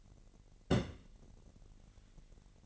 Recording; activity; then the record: daily activity, microphone in the room; place on stove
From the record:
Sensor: 4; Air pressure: 1012.8 hPa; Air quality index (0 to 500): 241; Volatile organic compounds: 4 ppm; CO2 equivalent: 1601 ppm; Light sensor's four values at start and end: 27/65/26/26 and 27/65/26/26